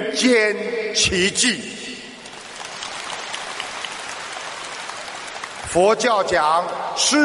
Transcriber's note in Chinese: 掌声